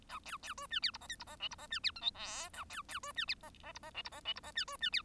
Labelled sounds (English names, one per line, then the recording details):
Bengalese Finch song
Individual Bird1